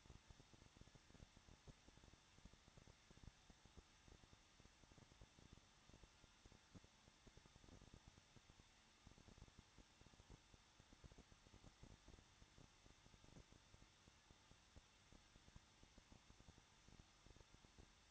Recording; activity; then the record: daily activity, microphone in the room; no activity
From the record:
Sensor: 3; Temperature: 21.2 degrees Celsius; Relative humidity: 36.4%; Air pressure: 1006.2 hPa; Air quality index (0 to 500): 222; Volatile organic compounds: 41 ppm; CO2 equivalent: 3171 ppm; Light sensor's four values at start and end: 2/3/2/2 and 2/3/2/2